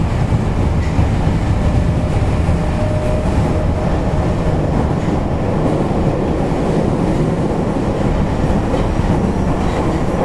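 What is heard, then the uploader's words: An Osaka city subway 30000 series train runs steadily, its dense low rumble holding at an even level for the full ten seconds. A faint whine rises briefly around the third second, and light rattles and clicks flicker through the roar. 大阪市営地下鉄 30000系 谷町線 谷町４丁目から八尾南まで. 大阪市交通局 30000系電車の走行音です。 谷町線で録音しました。 It is a running sound of the Osaka city subway 30000 series train.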